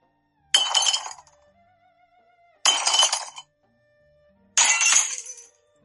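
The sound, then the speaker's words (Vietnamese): Three loud ceramic smashes of teapots being thrown onto the ground, each a sharp crash with bright scattering shards, spaced about two seconds apart with quiet tinkling tails between. “Vô số những tiếng bình trà bị ném xuống đất.”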